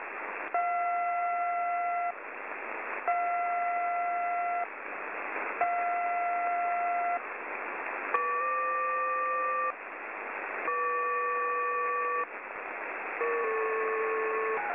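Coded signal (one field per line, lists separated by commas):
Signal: channel marker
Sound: repeating steady chord beeps about 1.5 seconds long, pitch shifting between groups, over hiss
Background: radio static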